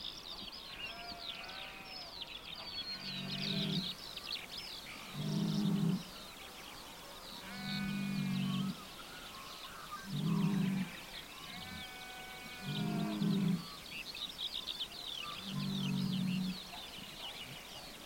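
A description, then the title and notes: Skylark song pours down without a break, a dense, bright stream of quick twittering trills. Lambs and ewes bleat, six low calls about every two to three seconds, each lasting roughly a second, over a soft outdoor hush. Spring skylark song. You are on high country farm road in the Hakataramea Valley in deepest South Canterbury, New Zealand. Skylark song pours from the heavens, cascading over paddocks of ewes with noisy lambs at foot. Recorded by Nick Allen.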